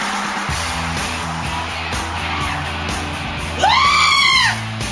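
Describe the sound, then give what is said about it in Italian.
A single loud, shrill scream-of-terror sound effect rises sharply and wavers for about a second, cutting over a steady bed of low, droning music before fading, on the Italian radio show Tutti convocati. “Urlo di terrore, mi domando dove siano finiti gli ascoltatori che sto aspettando.”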